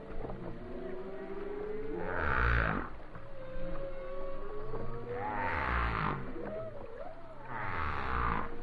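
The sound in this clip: Whale song with drawn-out wavering tones, low rumbles and gliding moans, broken by three broad washes of noise.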